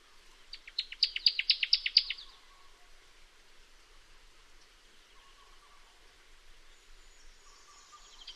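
Newtonia gives a fast, high trill of about ten sharp notes in under two seconds, then fainter thin whistles and soft calls follow in the quiet background.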